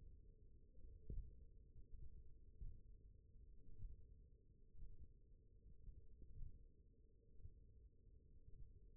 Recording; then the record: forearm muscle sounds (acoustic myography)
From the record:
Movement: thumb flexion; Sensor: system 1, eight BSWA MPA416 microphones around the upper forearm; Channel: 7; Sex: male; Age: 20 years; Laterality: left